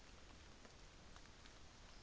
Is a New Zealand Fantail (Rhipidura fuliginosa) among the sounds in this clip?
no